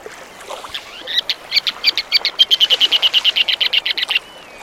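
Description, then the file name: Ruddy turnstone giving a fast, chattering rattle of sharp, evenly spaced notes lasting about three seconds, then a faint thin whistle at the end. "Ruddy Turnstone - Arenaria interpres"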